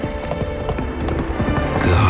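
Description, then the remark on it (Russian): Horse hooves clip-clop at a steady trotting rhythm on a hard mountain path past ancient tombs, a continuous run of sharp knocks, with a brief low rumble and brighter noise rising near the end. “Гнал коня по горной тропе мимо древних гробниц”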